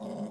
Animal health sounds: pig call; piglet (1 to 25 days)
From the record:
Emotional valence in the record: negative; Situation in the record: short isolation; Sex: male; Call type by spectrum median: low-frequency call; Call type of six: low-frequency stable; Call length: 0.32 s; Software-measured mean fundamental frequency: 53 Hz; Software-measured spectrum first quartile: 209 Hz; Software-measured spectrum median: 350 Hz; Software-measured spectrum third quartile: 645 Hz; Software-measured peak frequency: 212 Hz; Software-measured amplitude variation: 104 dB a second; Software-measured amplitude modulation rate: 23.8 a second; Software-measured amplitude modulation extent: 4.4 dB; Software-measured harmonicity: 3.3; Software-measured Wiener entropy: -0.24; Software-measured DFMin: 824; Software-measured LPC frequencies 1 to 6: 400, 1890, 3020, 3657, 4988, 6470 Hz

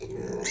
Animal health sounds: pig call; weaner (32 to 43 days)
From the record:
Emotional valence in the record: negative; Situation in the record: short isolation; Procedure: open field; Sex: female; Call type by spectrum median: low-frequency call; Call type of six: mixed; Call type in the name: high-frequency modulated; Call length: 0.51 s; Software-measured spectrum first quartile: 457 Hz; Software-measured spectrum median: 2082 Hz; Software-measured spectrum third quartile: 6170 Hz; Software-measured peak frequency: 399 Hz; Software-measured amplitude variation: 157 dB a second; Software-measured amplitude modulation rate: 29.4 a second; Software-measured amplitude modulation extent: 5.3 dB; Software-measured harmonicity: 4.7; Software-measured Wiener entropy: -4.56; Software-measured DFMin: 1019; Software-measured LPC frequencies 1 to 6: 442, 2086, 3296, 4036, 6339, 7035 Hz

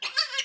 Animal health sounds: pig call; piglet (1 to 25 days)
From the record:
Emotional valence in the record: negative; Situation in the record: restrain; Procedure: in the arms of a person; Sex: male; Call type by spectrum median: high-frequency call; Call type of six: high-frequency stable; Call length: 0.45 s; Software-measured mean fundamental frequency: 247 Hz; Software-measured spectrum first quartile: 2310 Hz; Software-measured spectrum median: 3752 Hz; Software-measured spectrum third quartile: 4918 Hz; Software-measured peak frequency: 4630 Hz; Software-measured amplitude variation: 235 dB a second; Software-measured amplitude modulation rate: 14.5 a second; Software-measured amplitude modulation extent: 16.3 dB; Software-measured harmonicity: 6.0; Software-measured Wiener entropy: -1.88

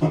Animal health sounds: pig call; growing-finishing pig (85 days or more)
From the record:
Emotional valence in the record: positive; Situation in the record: run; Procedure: transit

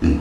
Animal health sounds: pig call; growing-finishing pig (85 days or more)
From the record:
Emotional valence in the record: negative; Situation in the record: barren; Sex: female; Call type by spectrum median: low-frequency call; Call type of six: low-frequency stable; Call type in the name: low-frequency stable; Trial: 2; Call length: 0.21 s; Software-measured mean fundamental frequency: 40 Hz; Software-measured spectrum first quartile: 89 Hz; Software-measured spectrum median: 210 Hz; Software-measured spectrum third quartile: 324 Hz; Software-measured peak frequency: 278 Hz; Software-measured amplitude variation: 114 dB a second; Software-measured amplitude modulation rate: 12.0 a second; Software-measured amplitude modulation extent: 9.5 dB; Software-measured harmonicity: -1.3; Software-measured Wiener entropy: -1.16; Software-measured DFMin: 789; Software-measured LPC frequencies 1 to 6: 285, 1708, 2620, 4313, 5730, 6603 Hz

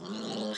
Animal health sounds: pig call; piglet (1 to 25 days)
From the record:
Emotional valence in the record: negative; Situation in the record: long isolation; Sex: female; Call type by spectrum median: low-frequency call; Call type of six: mixed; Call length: 0.58 s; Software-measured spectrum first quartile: 332 Hz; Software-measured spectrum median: 889 Hz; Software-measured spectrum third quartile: 3453 Hz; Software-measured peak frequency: 212 Hz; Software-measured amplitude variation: 96 dB a second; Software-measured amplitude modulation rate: 22.5 a second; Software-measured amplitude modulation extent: 4.3 dB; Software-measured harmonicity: 3.8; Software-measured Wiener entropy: -2.60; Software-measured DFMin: 903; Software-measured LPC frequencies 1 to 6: 446, 1598, 3086, 3813, 4236, 5265 Hz

